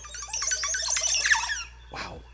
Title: montezuma oropendola